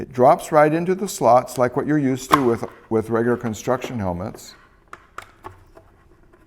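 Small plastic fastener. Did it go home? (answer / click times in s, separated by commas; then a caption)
yes / 4.9 s, 5.2 s. An arc flash face shield adapter is dropped into the side slots of a Petzl safety helmet and its quick-release fastener is pushed in while someone talks. After the talking stops, sharp clicks sound at 4.9 s and 5.2 s, followed by a few fainter taps, as the fastener seats in the helmet slot.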